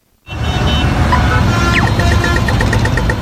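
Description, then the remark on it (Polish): Steady, loud city traffic rumble with low engine drone throughout, a brief rising whine near the middle, and a string of evenly spaced high beeps, like a reversing alarm, toward the end. “No a w miastach codziennie mamy do czynienia z hałasem o natężeniu 50-70 decybeli.”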